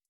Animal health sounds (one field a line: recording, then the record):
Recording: hydrophone in a shrimp aquaculture tank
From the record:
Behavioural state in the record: starved